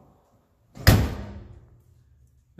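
On a 1957 Mercury Turnpike Cruiser, the large, heavy hinged continental kit cover that holds the spare tire on the rear of the car is swung down and closed. A loud slam-like hit lands at 0.9 s and rings out over the next second. The cover latches and secures itself in place.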